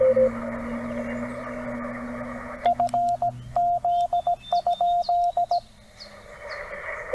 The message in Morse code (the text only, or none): FZ?